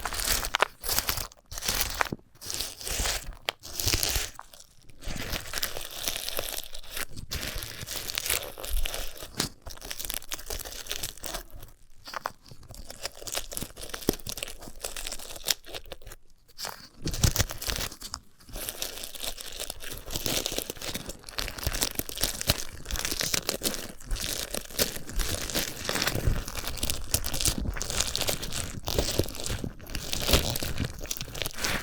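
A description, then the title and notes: ASMR handling of a sunflower head: dry crackling, tearing and crunching sounds, bright and thick with crisp detail. The first twenty seconds come in bursts broken by brief pauses, then the crinkling runs almost without a break to the end. ASMR of a Sunflower Head (No Talking).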